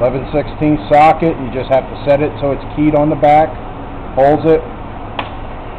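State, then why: Seated. Someone talks while a plastic Mopar wiper bushing is pressed with a vise and an 11/16 socket, keyed on the back, into a metal wiper transmission arm. At 5.2 s the bushing pops in with a sharp snap, seating fully in the arm, and it works.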